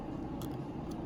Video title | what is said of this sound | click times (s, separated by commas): Houston Cosmetic Dentist...Want really WHITE TEETH without the cost of Veneers? Watch this! | And literally snap into place. | 0.4 s